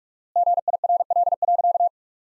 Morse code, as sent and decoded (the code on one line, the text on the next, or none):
--. .. .-. .-.. .-.-.-
GIRL.